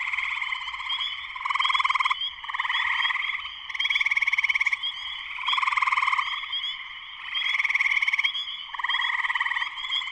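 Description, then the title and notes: Spring peeper chorus: dense frog calling with short rising high peeps running throughout and loud pulsed trilling bursts swelling roughly every one to two seconds. Full chorus shortly after sunset in Sleeping Bear Dunes National Lakeshore, northern Michigan, USA; recorded by Darrin Wassom. "Spring peepers (chorus frogs) in concert. Spring peepers (chorus frogs) in full chorus shortly after sunset in the Sleeping Bear Dunes National Lakeshore in northern Michigan, USA. Recorded by Darrin Wassom. Music for Sleep"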